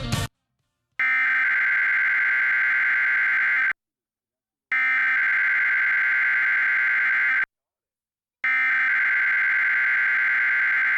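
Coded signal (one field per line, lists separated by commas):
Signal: Emergency Alert System (SAME) tones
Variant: header bursts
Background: speech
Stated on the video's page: Required Weekly Test aired on WUPA 69.3 (TBD) television, recorded off-air.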